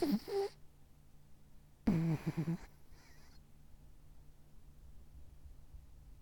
Little Dog Snoring.